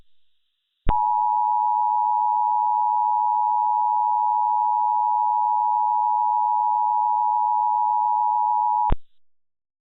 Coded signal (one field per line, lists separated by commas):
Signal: Emergency Alert System (SAME) tones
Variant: 853 and 960 Hz attention tone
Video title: EAS Scenario: Kiarol